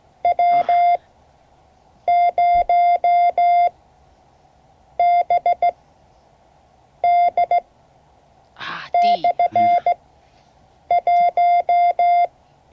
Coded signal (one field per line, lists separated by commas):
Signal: Morse code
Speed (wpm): 16 wpm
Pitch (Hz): 690 Hz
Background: none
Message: W0BD/1